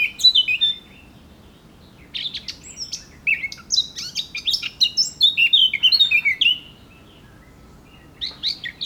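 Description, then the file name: Eurasian blackcap singing: rapid warbled phrases of mixed chirps and clear fluty notes, a burst at the start, a long run in the middle and a short phrase at the end. "Sylvia atricapilla"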